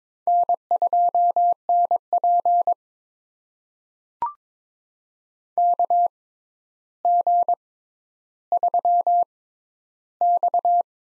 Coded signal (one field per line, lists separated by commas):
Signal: Morse code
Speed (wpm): 22 wpm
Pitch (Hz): 700 Hz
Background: none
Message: N2NP KG3X